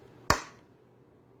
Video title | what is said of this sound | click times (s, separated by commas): 재규어 490 시리즈-가마집에 실이 뭉치는 문제의 해결법 / How to solve the problem of thread bunches in a shuttle race | 즉이 소리가 나야지만 정확하게 조립이 된 것입니다 | 0.3 s